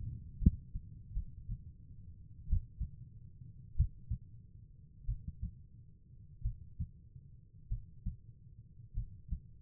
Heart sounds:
heart sounds by stethoscope; 49 bpm
0.39 s: heartbeat
1.14 s: heartbeat
2.48 s: heartbeat
3.75 s: heartbeat
5.06 s: heartbeat
6.42 s: heartbeat
7.69 s: heartbeat
8.94 s: heartbeat
From the record:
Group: healthy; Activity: rest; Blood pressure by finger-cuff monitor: 117/66 mmHg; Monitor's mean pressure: 86 mmHg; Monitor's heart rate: 47 bpm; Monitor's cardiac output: 4.6 L/min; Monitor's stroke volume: 85 mL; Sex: female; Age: 36 years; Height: 163 cm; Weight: 88 kg

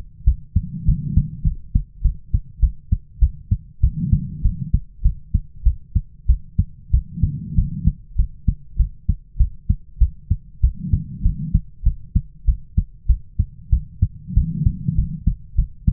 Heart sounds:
heart sounds by stethoscope; 98 bpm
0.24 s: heartbeat
0.85 s: heartbeat
1.44 s: heartbeat
2.02 s: heartbeat
2.60 s: heartbeat
3.19 s: heartbeat
3.81 s: heartbeat
4.42 s: heartbeat
5.02 s: heartbeat
5.63 s: heartbeat
6.26 s: heartbeat
6.91 s: heartbeat
7.55 s: heartbeat
8.16 s: heartbeat
8.77 s: heartbeat
9.37 s: heartbeat
9.98 s: heartbeat
10.61 s: heartbeat
11.22 s: heartbeat
11.83 s: heartbeat
12.45 s: heartbeat
13.07 s: heartbeat
13.70 s: heartbeat
14.34 s: heartbeat
14.95 s: heartbeat
15.55 s: heartbeat
From the record:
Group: healthy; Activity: cold pressor test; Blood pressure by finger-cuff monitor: 110/80 mmHg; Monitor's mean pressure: 93 mmHg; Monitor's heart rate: 98 bpm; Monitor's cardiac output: 7.9 L/min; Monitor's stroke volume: 80 mL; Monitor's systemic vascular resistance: 860 dyn s/cm5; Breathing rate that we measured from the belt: 18 breaths a minute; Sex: female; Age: 22 years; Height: 157 cm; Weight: 47.6 kg

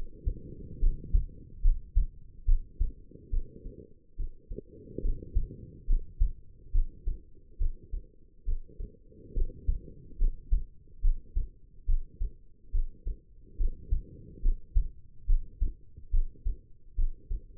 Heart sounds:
heart sounds by stethoscope; 71 bpm
0.80 s: heartbeat
1.62 s: heartbeat
2.46 s: heartbeat
3.30 s: heartbeat
4.16 s: heartbeat
5.02 s: heartbeat
5.87 s: heartbeat
6.72 s: heartbeat
7.58 s: heartbeat
8.45 s: heartbeat
9.34 s: heartbeat
10.18 s: heartbeat
11.01 s: heartbeat
11.86 s: heartbeat
12.72 s: heartbeat
13.57 s: heartbeat
14.42 s: heartbeat
15.26 s: heartbeat
16.11 s: heartbeat
16.96 s: heartbeat
From the record:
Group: healthy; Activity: rest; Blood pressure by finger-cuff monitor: 108/70 mmHg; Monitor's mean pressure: 82 mmHg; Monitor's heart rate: 71 bpm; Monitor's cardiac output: 5.5 L/min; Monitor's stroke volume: 79 mL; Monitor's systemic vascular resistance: 1080 dyn s/cm5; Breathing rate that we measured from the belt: 14 breaths a minute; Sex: female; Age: 22 years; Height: 160 cm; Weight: 45 kg

